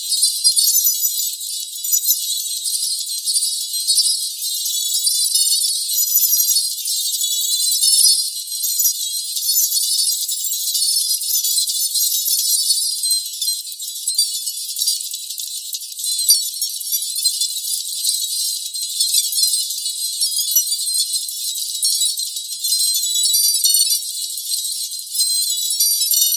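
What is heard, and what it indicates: A steady, bright, shimmering texture like jingling or tinkling metal, confined to high pitches above about 2 kHz with no low or middle tones, holding an even loudness throughout. It is a synthetic tinnitus masker, a 4 kHz distractor sound used in tinnitus sound therapy.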